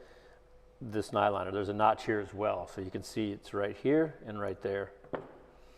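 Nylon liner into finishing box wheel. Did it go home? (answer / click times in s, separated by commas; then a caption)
no / none. A nylon liner with a bolt through it is lined up, notch to notch, with the wheel of a TapeTech drywall finishing box during installation of an EasyRoll wheel replacement kit (EZROLL-KIT). Someone talks throughout, with a faint short tap near the end. Nothing has seated or clicked yet; the liner is not yet pushed into place.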